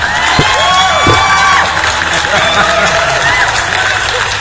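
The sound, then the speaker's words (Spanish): A recording of YouTube applause sent by Joey plays loudly and steadily: a cheering crowd with dense clapping mixed with shouts and a few rising whistle-like cries throughout. “Mira lo que me envió, los aplausos de YouTube, porque están dañados los míos.”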